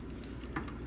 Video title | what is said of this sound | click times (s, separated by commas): Transformers: MP-08 Masterpiece Grimlock Reissue with Crown & Flame Sword | fold this in until it clicks | 0.6 s